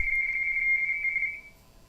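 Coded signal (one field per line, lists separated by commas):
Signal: RTTY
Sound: fast warbling two-tone chatter, high pitched, about 1.4 seconds, then fading out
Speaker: We'll give G3ABC a call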